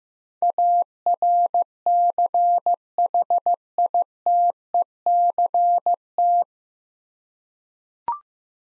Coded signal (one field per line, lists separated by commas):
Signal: Morse code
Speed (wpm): 15 wpm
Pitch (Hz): 700 Hz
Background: none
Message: ARCHITECT